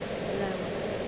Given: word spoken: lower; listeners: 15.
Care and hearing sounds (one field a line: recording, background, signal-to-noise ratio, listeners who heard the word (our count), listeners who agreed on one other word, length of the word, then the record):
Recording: one English word in noise, from a listening test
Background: speech-shaped noise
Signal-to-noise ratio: -4.8 dB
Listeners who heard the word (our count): 6 of 15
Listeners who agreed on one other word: 6 of 15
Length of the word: 0.68 s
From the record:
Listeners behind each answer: 6, 6, 1, 1, 1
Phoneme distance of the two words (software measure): 7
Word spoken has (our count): 2 syllables, 3 phonemes, stress on syllable 1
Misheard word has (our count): 1 syllable, 2 phonemes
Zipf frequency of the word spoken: 4.76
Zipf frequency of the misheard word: 5.12